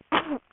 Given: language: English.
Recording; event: throat vibration sensor signal played as sound; cough